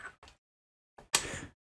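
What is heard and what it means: A quick-release puck screwed to the bottom of a wooden Harman Titan 4x5 pinhole camera is dropped into the receptacle on a tripod head. A few faint soft rustles and a light tap come first, then a loud, sharp hit at 1.2 s with a brief rattling tail. The puck drops in and locks in place.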